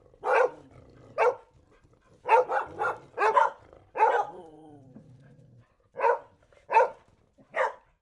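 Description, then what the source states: English Springer Spaniels barking: about ten sharp barks, some single and some in quick runs of two or three, with quiet gaps between. Eight English Springer Spaniel stud dogs barking.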